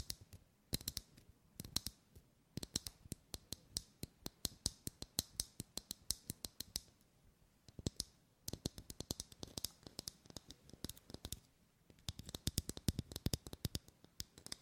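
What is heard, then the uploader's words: Crisp tapping, with sharp clicks coming in quick irregular bursts and brief pauses around two, eight and twelve seconds. The taps are bright and snappy, sometimes tumbling into rapid flurries, over a nearly silent background. ASMR Tapping For Sleep 100% Tingles! (No Talking).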